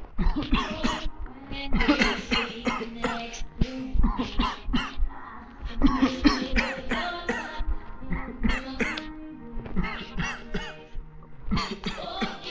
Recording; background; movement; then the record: voluntary coughing; music; walking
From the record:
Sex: male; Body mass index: 21.0 kg/m2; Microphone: on the chest, facing the body